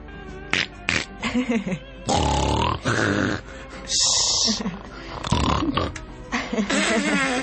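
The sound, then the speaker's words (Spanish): A voice imitates a mother's 'random' type of snoring in irregular bursts: rough, rasping grunts and snorts of varying length, some breathy and hissing, with uneven pauses between them and no steady rhythm. “sale muy bien los ronquidos.”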